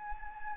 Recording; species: mosquito wingbeat signal from an infrared sensor; Anopheles gambiae